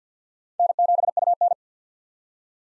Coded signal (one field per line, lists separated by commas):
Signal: Morse code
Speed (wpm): 46 wpm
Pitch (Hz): 700 Hz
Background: none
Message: N7UN